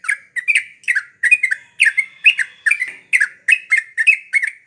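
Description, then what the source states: Yellow-vented Bulbul song: rapid burbling phrases of slurred chattering notes, repeated in quick succession. Champion bird; masteran training recording for cage birds; rapid 'tembakan' song style.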